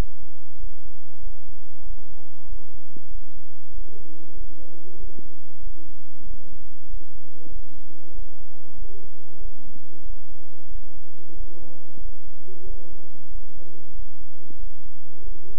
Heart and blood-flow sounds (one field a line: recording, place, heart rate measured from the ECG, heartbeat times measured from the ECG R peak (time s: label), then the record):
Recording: heart sounds by stethoscope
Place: between the tricuspid and mitral areas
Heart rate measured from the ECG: 94 bpm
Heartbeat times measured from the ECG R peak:
0.57 s: heartbeat
1.20 s: heartbeat
1.83 s: heartbeat
2.46 s: heartbeat
3.08 s: heartbeat
3.71 s: heartbeat
4.34 s: heartbeat
4.97 s: heartbeat
5.60 s: heartbeat
6.24 s: heartbeat
6.87 s: heartbeat
7.49 s: heartbeat
8.12 s: heartbeat
8.75 s: heartbeat
9.38 s: heartbeat
10.03 s: heartbeat
10.68 s: heartbeat
11.33 s: heartbeat
11.98 s: heartbeat
12.63 s: heartbeat
13.28 s: heartbeat
13.92 s: heartbeat
14.56 s: heartbeat
15.21 s: heartbeat
From the record:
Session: bicycle stress test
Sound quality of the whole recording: good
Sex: male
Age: 26 years